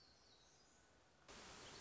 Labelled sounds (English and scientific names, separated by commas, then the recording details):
Black-throated Gray Warbler (Setophaga nigrescens)
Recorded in Sonoma County, California